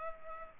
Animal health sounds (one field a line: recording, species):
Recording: mosquito wingbeat signal from an infrared sensor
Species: Culex pipiens